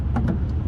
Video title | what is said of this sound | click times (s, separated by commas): How to replace change Headlight bulbs in Honda Odyssey 2011–2017 | get it in spin until it clicks and you all set make sure it's nice and tight be sturdy inside okay | 0.2 s, 0.3 s